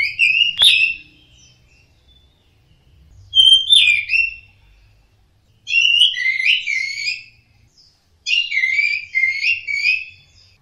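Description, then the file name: Orange-headed thrush singing four varied phrases of whistled, warbling notes with sharp high accents, each phrase followed by a short pause; faint low rumble beneath. Song in the ngeplong style. "anis merah ngeplong"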